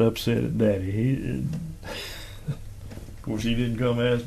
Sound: chuckling

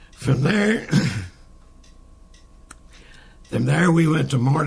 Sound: clears throat

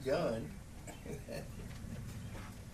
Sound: chuckling

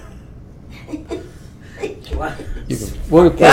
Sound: laughter

